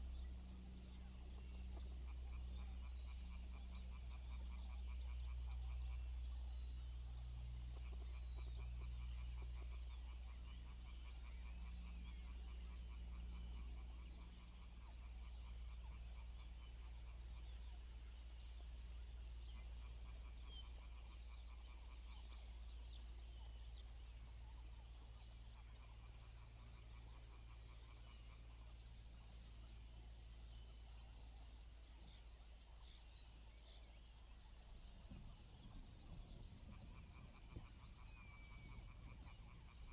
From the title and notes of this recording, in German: Ein Abend in der Lehmgrube. Aber echtes AB-Stereo.